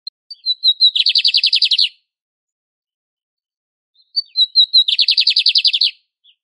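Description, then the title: Lined Seedeater: two songs of a lined seedeater, some four seconds apart, each a short string of thin whistles accelerating into a fast, regular buzzy trill. Classic song style, used for warming up and training birds. "CANTO DO BIGODINHO - CANTO CLÁSSICO - ESQUENTAR/ENCARTE"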